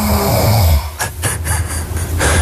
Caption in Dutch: Dit was ik rond een uurtje of 2:30. Lekker diep in slaap. Een beetje snurken.